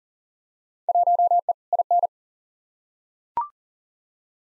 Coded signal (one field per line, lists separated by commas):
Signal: Morse code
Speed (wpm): 40 wpm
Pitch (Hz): 700 Hz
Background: none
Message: 1E IN